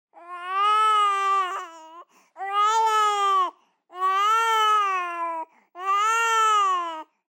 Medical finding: Baby Cry.